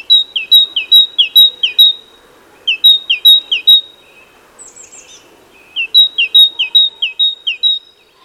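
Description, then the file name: Great tit repeating a ringing two-part phrase rapidly in three bursts, with brief high thin notes in a pause. "Parus major"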